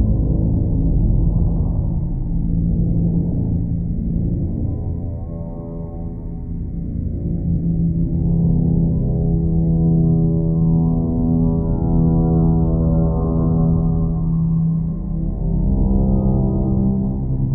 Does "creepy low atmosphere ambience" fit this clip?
yes